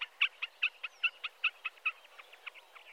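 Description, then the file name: Common snipe giving a steady series of sharp, clipped ticking notes, about five per second, running throughout without pause. "Enkelbeckasin"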